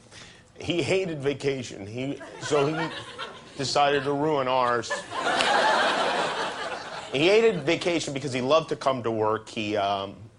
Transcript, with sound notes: He hated vacation, so he decided to ruin ours.
(LAUGHTER)
He hated vacation because he loved to come to work.